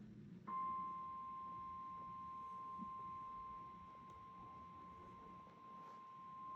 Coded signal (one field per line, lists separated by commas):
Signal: Emergency Alert System (SAME) tones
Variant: 1050 Hz attention tone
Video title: Is it Spring already??? EAS Alerts From 12-28-2025